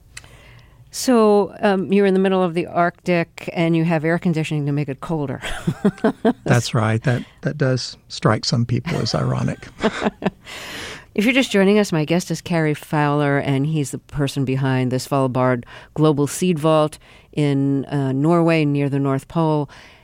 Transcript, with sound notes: So you're in the middle of the Arctic and you have air conditioning to make it colder (laughter).
That's right. That does strike some people as ironic.
(Laughter) If you're just joining us, my guest is Cary Fowler. And he's the person behind the Svalbard Global Seed Vault in Norway near the North Pole.